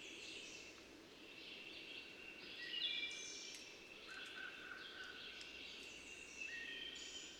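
Birds singing together, a mix of high thin whistles and trills, one louder phrase near three seconds, against constant background hiss.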